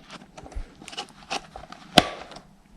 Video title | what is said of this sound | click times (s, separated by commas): Battery Powered Trimmer Review - Black & Decker LSTE525 | snap it into place and that green light indicates that it's charging it's so easy to | 2.0 s